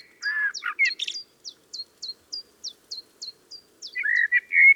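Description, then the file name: Common blackbird song: a low warbled phrase, then a long series of short, thin, high notes repeated steadily, ending in another mellow phrase. "Turdus merula"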